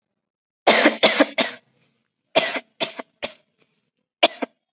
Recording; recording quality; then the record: shallow voluntary cough; excellent, no background noise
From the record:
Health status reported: COVID-19 positive, mild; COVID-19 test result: positive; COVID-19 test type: RT-PCR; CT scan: not taken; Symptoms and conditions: cough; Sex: female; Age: 19 years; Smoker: no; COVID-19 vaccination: both doses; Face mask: worn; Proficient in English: yes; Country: India